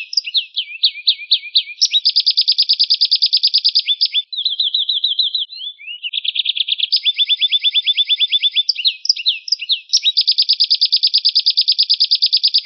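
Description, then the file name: Canary song, long varied trills of rapid repeated notes, a brief whistled slide near the middle, then fast rolling and buzzy trills continuing to the end. "keluarga kenari"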